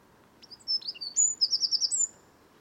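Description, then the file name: Eurasian wren song: a rapid, high-pitched burst of sharp notes and whistled slides, ending in a fast trilled run of repeated notes, over faint background hiss. "Troglodytes troglodytes"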